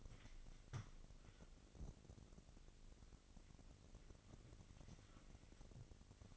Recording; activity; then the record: daily activity, microphone in the room; wipe stove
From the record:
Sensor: 4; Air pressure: 1002.4 hPa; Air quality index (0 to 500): 214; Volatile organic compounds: 11 ppm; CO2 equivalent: 2316 ppm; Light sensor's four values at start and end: 18/66/24/24 and 18/66/24/24